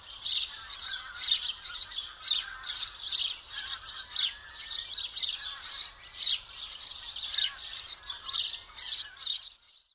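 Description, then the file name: House sparrow chirping, dense short bright notes in a busy chatter throughout. "Passer domesticus"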